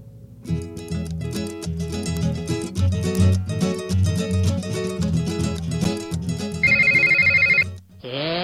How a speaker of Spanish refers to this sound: Está sonando el teléfono y no te diste cuenta.